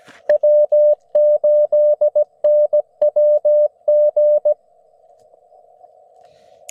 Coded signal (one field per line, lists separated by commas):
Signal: Morse code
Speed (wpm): 20 wpm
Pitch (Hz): 590 Hz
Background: none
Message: W8NWG